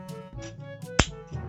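The plastic thigh ratchet joint of a Takara Tomy MPG14 Godbomber transforming robot figure is being closed, over a steady tonal musical background. A single sharp click is heard at 1.0 s as the thigh ratchet clicks closed and seats.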